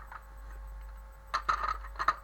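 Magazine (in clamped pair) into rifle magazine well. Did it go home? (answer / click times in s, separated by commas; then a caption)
no / none. A pair of AK-47 rifle magazines joined by a home-made clamp with an offset gap between them is handled and rocked toward the rifle's magazine well. Sharp knocks and rattles come over a low steady hum, with the strongest at about 1.5 s and 2.1 s. The clip ends before the magazine goes home, so nothing has seated or clicked yet.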